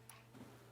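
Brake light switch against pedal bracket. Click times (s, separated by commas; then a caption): 0.1 s. A plastic brake light switch on a golf cart pedal, its bracket moved until the switch plunger presses in against it, gives a short sharp click at 0.1 s over a steady low hum. The click means the brake switch is engaged.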